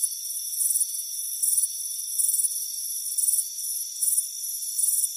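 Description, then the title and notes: Cricket chirps arriving as regular brief shrill pulsed bursts, above a continuous thin high ringing. Crickets chirping on a warm afternoon by a front porch. "Soothing Crickets Chirping Sound. It's a warm afternoon as you relax in a hammock on the front porch. Relax and fall asleep to the soothing sound of chirping crickets. Deep Sleep Sounds"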